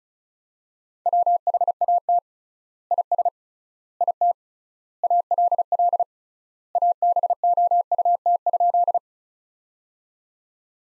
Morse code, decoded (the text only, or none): WHAT IS IT ALL ABOUT?